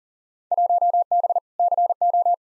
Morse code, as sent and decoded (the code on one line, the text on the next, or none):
.---- -... / -.-. ---
1B CO